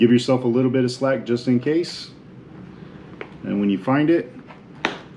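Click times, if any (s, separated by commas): 4.9 s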